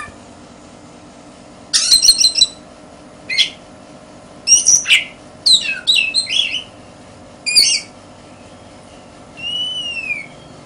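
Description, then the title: Oriental magpie-robin song in separate bursts of harsh, buzzy and chattering notes, ending with a clear whistled note that rises then falls, against a constant background hum. "suara kacer"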